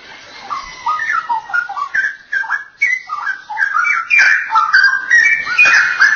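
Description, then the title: Oriental magpie-robin delivering a continuous, dense song of mixed whistles, trills and harsher buzzy notes, growing louder and fuller toward the end. "Kicau Kacer"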